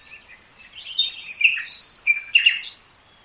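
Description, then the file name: Common nightingale song of varied whistled and scratchy notes, jumbled and rich, with a sharp whistle. "Luscinia megarhynchos"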